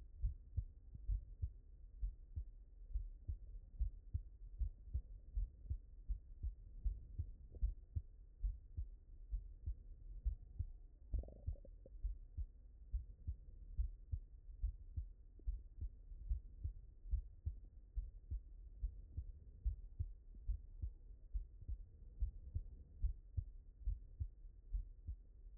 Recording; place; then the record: heart sounds by stethoscope; mitral valve (MV)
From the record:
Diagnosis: non-HFrEF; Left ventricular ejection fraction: 55%